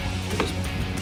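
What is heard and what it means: A trailer wiring plug is pushed into its mount on the rear bumper of a 2015-2020 F-150 during a top step pad install. Over a steady low background rumble, one short, sharp click is heard at 0.4 s as the plug pops in and seats.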